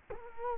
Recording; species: mosquito wingbeat signal from an infrared sensor; Culex quinquefasciatus